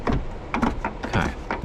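The crank on the roof-vent hood of a camper van ceiling fan is turned, and the mechanism clicks at 0.1, 0.5, 0.9, 1.0 and 1.5 seconds as it slips without catching. The crank is stripped.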